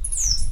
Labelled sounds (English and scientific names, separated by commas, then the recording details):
Stitchbird (Notiomystis cincta) song
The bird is a male
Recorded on Tiritiri Matangi Island, New Zealand, in 2005
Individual 7, of nest box 9